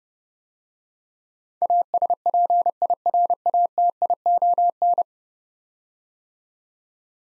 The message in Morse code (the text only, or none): ASPIRATION